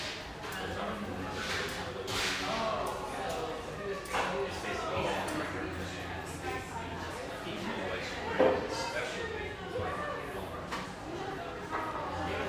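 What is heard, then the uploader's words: Steady chatter fills a bustling surf-shack espresso bar, with sharp clinks and clatters every few seconds, loudest around eight seconds. Sausalito, California. Bubbly surf-shack-meets-espresso-bar in one of sunny Marin's best towns.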